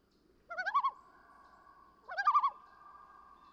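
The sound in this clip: Common loon calls in two wavering, yodel-like bursts about one and a half seconds apart, each trailing into a long, even held note.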